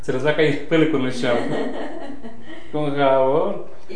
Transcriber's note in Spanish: risas